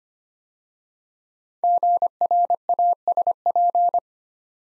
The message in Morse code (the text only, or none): GRASP